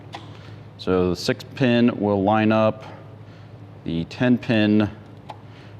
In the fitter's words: will snap into place there.